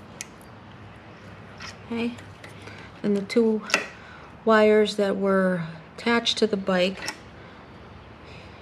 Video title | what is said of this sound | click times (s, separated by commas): Edgeline LED tailights installed on my Harley Low Rider ST | that around again if you hear it click it's in | 0.2 s